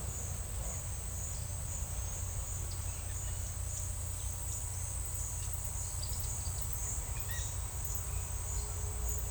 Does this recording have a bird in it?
no